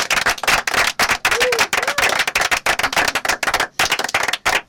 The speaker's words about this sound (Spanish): ¡Aplausos, jóvenes!